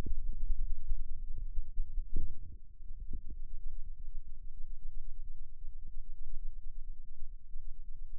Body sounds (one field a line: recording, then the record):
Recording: forearm muscle sounds (acoustic myography)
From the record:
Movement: radial deviation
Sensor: system 2, bracelet of six BSWA MPA416 microphones around the upper forearm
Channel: 1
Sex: male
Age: 22 years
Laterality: right